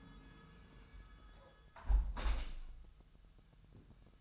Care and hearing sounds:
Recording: daily activity, microphone in the room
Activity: close window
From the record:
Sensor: 2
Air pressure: 999.8 hPa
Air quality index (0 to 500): 221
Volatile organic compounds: 50 ppm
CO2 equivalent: 3290 ppm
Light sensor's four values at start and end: 8/20/8/8 and 8/19/8/8

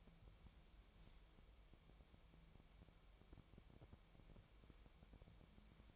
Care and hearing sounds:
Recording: daily activity, microphone in the room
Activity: wipe stove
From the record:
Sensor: 1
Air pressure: 1001.6 hPa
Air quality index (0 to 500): 218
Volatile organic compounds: 27 ppm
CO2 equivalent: 2900 ppm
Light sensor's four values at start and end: 7/29/10/11 and 7/28/10/11

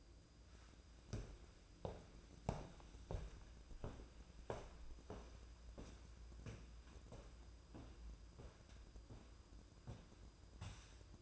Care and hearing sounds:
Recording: daily activity, microphone in the room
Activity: walk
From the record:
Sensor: 2

